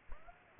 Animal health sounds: mosquito wingbeat signal from an infrared sensor; Aedes aegypti

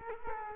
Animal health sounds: mosquito wingbeat signal from an infrared sensor; Culex quinquefasciatus

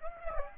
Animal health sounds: mosquito wingbeat signal from an infrared sensor; Aedes aegypti

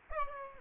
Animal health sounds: mosquito wingbeat signal from an infrared sensor; Aedes aegypti

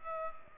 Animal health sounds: mosquito wingbeat signal from an infrared sensor; Culex pipiens

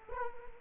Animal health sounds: mosquito wingbeat signal from an infrared sensor; Culex quinquefasciatus

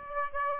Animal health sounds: mosquito wingbeat signal from an infrared sensor; Aedes aegypti

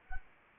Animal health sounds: mosquito wingbeat signal from an infrared sensor; Anopheles arabiensis

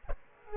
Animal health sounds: mosquito wingbeat signal from an infrared sensor; Aedes aegypti

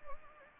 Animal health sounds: mosquito wingbeat signal from an infrared sensor; Anopheles arabiensis

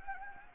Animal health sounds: mosquito wingbeat signal from an infrared sensor; Anopheles gambiae

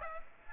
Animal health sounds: mosquito wingbeat signal from an infrared sensor; Aedes aegypti

